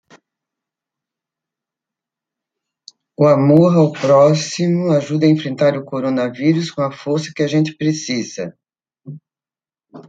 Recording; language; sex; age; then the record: spoken sentence; Brazilian Portuguese; female; 70 to 79 years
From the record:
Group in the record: control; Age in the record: 71 years